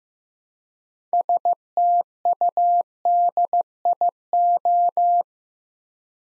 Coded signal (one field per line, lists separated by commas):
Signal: Morse code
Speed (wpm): 15 wpm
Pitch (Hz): 700 Hz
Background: none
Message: STUDIO